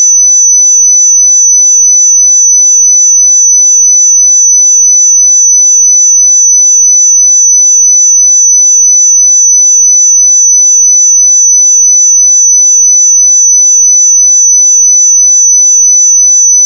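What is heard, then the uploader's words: A single pure sine tone sits high and bright at 5999 Hz, holding perfectly steady for the full length without any wavering or breaks. The loudness stays constant throughout, with no other sounds underneath, and it cuts off abruptly at the very end. 5999 Hz 1 Hz Interval Sine Pure Tone Frequency 441000 Sample Mono.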